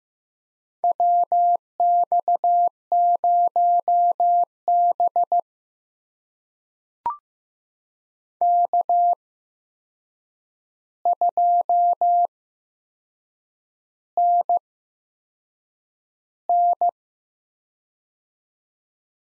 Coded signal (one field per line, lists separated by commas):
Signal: Morse code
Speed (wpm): 15 wpm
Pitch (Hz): 700 Hz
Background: none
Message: WX0B K2NN